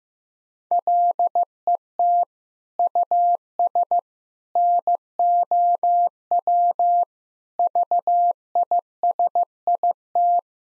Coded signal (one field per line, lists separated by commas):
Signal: Morse code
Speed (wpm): 16 wpm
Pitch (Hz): 700 Hz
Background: none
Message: LET US NOW VISIT